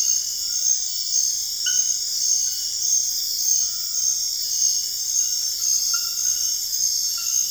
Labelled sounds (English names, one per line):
none